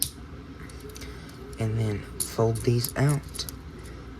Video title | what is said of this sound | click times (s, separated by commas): He’s got the touch🔥🔥🔥🔥 Studio Series Tfone Prime (review) | fold those until they click | 0.0 s